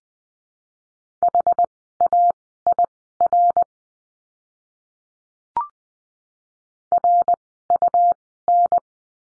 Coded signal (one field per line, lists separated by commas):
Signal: Morse code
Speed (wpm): 20 wpm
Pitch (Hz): 700 Hz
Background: none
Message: HAIR RUN